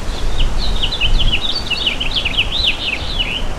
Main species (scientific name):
Haemorhous mexicanus